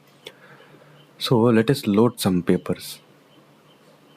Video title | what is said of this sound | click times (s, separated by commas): Brother DCP-7500D - setup and testing all functionality - Detailed Video - | Once the click sound you hear, once the click sound, then it's good to go. | 0.3 s